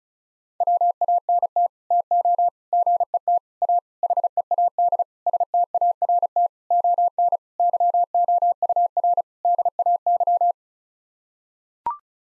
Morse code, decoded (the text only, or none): WANT TO GET A HEAD START ON YOUR DAY